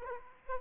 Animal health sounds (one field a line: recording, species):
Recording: mosquito wingbeat signal from an infrared sensor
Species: Aedes aegypti